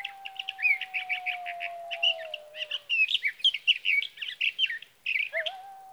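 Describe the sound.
Sage thrasher pouring out a rapid warbled song of chattering notes. A low steady whistled tone runs underneath at the start and again near the end.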